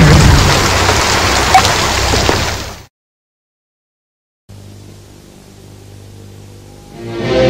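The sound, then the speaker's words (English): Heavy rain hisses steadily, then cuts off abruptly into silence before returning softer over a low hum, swelling louder again in the final moments. “I lost my woman, and the rain is coming down.”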